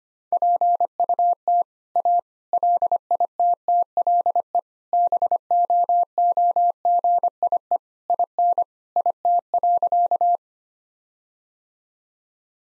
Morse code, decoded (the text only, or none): PUT A LITTLE BOOGIE IN IT.